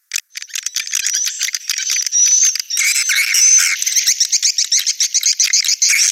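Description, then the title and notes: Swiftlet calls, quick repeated chirps building into rapid rattling trills and twitters, about four per second, several birds overlapping. Sound used in swiftlet farming in Asia. "Swiflet Bird Sound. Farming Swiflet Bird asia sound"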